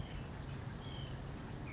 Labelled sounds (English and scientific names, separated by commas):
White-breasted Nuthatch (Sitta carolinensis)